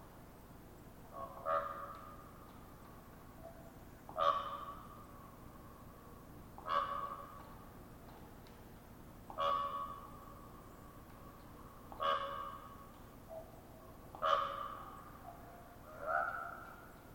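A raven gives a run of popping calls, each a sharp knock followed by a short ringing, hollow tone. The calls come at a steady pace, about every two and a half seconds, over a quiet low rumble of background air.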